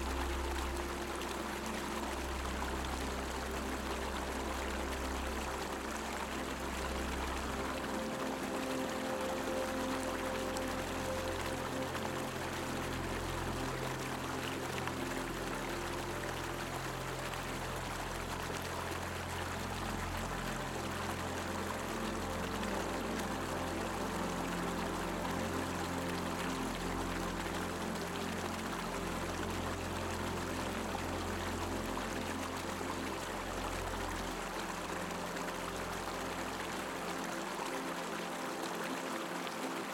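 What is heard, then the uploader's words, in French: A stream rushes steadily, a dense, even hiss of flowing water that never lets up. Beneath it, soft low sustained notes shift every few seconds, a gentle melody almost buried under the water. RUISSEAU Berçant et MELODIE Douce. Plongez dans le son apaisant d'un ruisseau berçant, évoquant la sérénité de la nature. Laissez-vous emporter par une mélodie douce.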